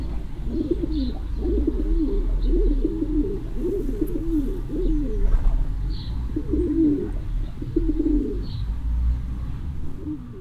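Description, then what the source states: Pigeons cooing in low, throaty, rolling phrases that overlap and repeat throughout, over a steady low rumble. Caged pigeons in a private garden in Eschweiler.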